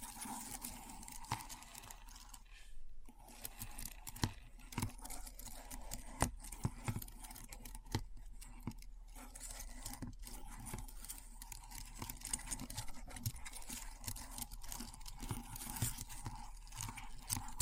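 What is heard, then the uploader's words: Keyboard typing clatters in a dense, uneven stream of sharp clicks, with stronger keystrokes standing out every second or so. A brief pause falls near the three-second mark before the typing resumes. A faint low hum runs steadily underneath. ASMR Keyboard Sounds (No Talking).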